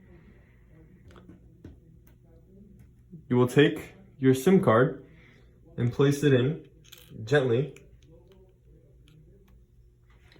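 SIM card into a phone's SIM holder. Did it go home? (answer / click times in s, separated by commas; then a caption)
no / none. A SIM card is laid gently into the open SIM holder of a Plum Ram 7 4G phone, with the lever still raised. Someone talks while only faint, light handling taps are heard around the speech. Nothing has clicked or locked yet.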